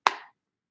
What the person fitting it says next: Oh, snaps right.